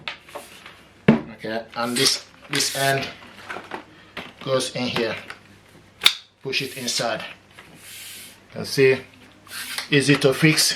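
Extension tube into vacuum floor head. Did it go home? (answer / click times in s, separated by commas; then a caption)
yes / 6.1 s. Someone talks while pushing the other end of an extension tube into the floor head of a Goodmans 2-in-1 cordless vacuum. The tube snaps home with a sharp click at 6.1 s and is seated, an easy fix.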